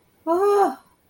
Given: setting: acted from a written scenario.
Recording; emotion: vocal sound without words; elation